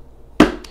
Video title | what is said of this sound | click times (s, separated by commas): Espresso Grinder Cleaning & Maintenance (Quick & Easy) | should snap back on like that we can put that screw back in | 0.4 s